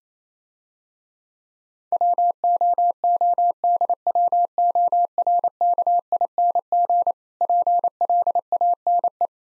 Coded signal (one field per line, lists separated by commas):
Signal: Morse code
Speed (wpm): 27 wpm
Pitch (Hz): 700 Hz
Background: none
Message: WOODWORKING PLANE